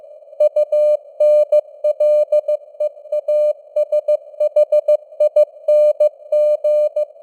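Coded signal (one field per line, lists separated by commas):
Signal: Morse code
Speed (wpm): 15 wpm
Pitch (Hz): 600 Hz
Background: none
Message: UNLEASHING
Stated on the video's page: Simulated Morse news headlines at 15 wpm with simulated radio noise and fading (QSB).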